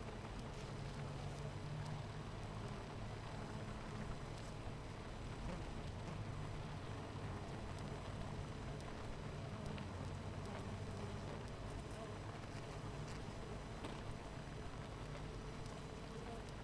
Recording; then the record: honeybee colony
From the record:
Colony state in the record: missing queen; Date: 14 July 2017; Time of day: 8:53